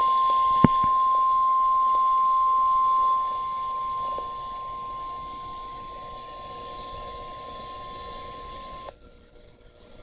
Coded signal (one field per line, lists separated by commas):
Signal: Emergency Alert System (SAME) tones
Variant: 1050 Hz attention tone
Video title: NOAA EAS RWT #4